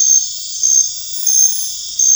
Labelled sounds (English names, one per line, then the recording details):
none
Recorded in dense forest near Puerto Asís, Putumayo, Colombia, on 8 March 2025 at 22:30
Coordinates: 0.484, -76.317
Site G064